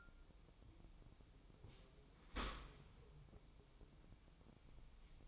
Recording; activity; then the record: daily activity, microphone in the room; open dishwasher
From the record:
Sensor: 1